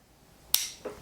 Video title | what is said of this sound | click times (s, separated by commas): Galaxy Watch Ultra 2 — Unboxing + First Impressions | then it just clicks in place. | 0.5 s